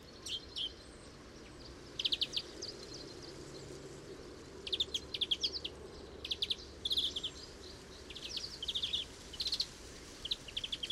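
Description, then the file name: European greenfinch calls: short, fast trilled bursts repeated at irregular intervals, some in quick clusters, over quiet background noise. "Chloris chloris"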